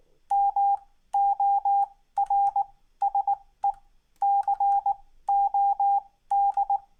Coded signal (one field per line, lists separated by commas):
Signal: Morse code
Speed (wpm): 19 wpm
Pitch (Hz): 800 Hz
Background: none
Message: MORSE COD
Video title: Me sucking at solving morse code